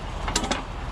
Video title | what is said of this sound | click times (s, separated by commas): What are and how to use dollies. | it's locked into place | 0.4 s, 0.5 s